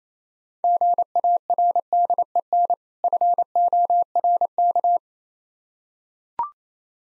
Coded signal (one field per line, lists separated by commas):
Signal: Morse code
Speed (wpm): 28 wpm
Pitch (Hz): 700 Hz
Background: none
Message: GARDEN FORK